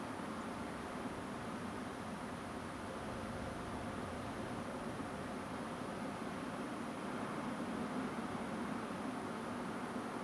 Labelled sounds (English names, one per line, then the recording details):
Song Thrush
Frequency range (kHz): Song Thrush 6.8-7.4 kHz
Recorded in France